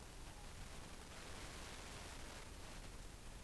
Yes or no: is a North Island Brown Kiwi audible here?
no